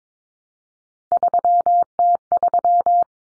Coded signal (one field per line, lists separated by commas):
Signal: Morse code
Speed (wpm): 22 wpm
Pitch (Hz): 700 Hz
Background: none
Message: 3T3